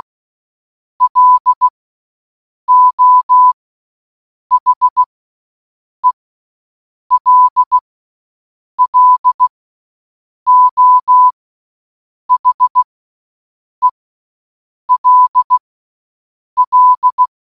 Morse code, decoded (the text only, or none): LO HELLO HELL